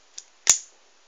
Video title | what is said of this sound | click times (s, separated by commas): Transformers Hunt For The Decepticons - Sidearm Sideswipe (Customised) Review | and you hear a little click to ensure that it's in place | 0.5 s